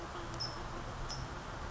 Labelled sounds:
California Towhee
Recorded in Sonoma County, California

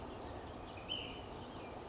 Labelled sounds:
Ash-throated Flycatcher
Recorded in Sonoma County, California

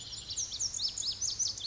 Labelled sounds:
Pacific Wren
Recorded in Sonoma County, California

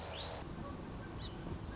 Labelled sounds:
Song Sparrow
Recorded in Sonoma County, California

